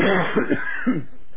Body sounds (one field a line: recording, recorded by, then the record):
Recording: voluntary cough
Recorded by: telephone call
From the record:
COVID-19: positive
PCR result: self-reported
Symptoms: yes